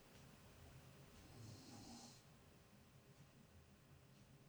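Faint snoring from an adult in the background, picked up by a very sensitive microphone.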